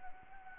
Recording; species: mosquito wingbeat signal from an infrared sensor; Anopheles arabiensis